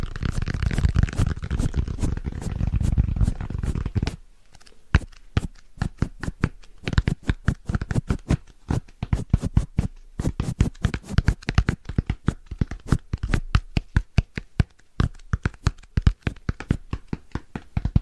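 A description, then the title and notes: Rhythmic fast tapping with layered brushing sounds. For the first four seconds a dense, rumbling brushing fills the low end under quick taps. After that the brushing drops away, leaving sharp, crisp taps in rapid, uneven bursts with brief pauses until the end. ASMR Rhythmic Fast Tapping & Brushing Layered Sounds No Talking.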